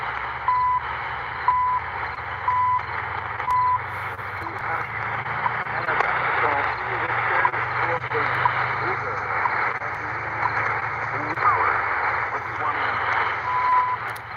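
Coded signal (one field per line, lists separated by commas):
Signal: radio time signal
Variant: CHU Canada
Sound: four short 1 kHz ticks a second apart, a long gap, another tick, under hiss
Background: radio static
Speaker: so ID in French and then English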